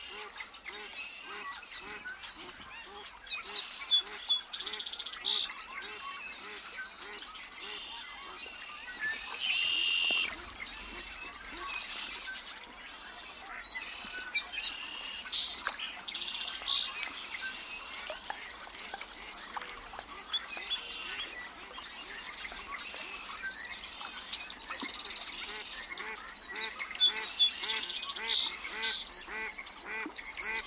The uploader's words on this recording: A great place to listen to insects — and birds — is a remote mountain lake in the spring. Gordon Hempton, an acoustic ecologist and sonic guide for the this series, recorded the sounds of this lake in Washington’s Methow Valley.